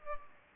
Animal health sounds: mosquito wingbeat signal from an infrared sensor; Culex pipiens

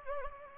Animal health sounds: mosquito wingbeat signal from an infrared sensor; Anopheles gambiae

